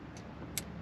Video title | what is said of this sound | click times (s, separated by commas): Adding CarPlay to my Cayman GT4 | I heard it snap all right now let's see | 0.6 s